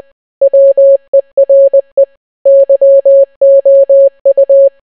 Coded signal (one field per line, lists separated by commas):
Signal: Morse code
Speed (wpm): 20 wpm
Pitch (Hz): 550 Hz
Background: none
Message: WERE YOU